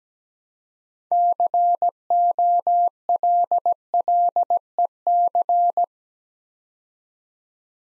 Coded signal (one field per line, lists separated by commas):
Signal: Morse code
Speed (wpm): 17 wpm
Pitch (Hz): 700 Hz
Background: none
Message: COLLEC